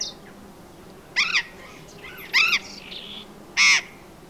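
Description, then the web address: Burrowing parrot uttering three separate rasping screeches about once a second, each short and harsh. "parrots cyanoliseus-patagonus"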